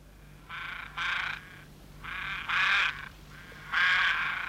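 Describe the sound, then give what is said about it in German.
Ravens croak in harsh, raspy calls, roughly six of them grouped in uneven pairs, each loud and coarse over a faint steady low hum, with no talking. “Du hörst, wie die Raben dich warnen.”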